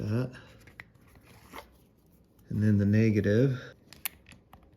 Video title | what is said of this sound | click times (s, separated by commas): Fliteboard efoil basic battery charger - the missing guide | there you go, clicked. | 4.1 s